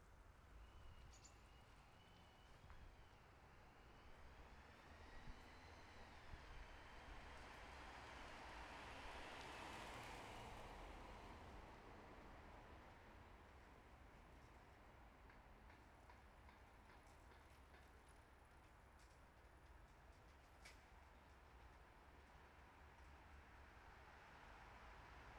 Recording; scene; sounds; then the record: everyday scene through a hearing-aid microphone; in traffic; traffic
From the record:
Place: bus stop on a city main road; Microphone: behind the ear, left, front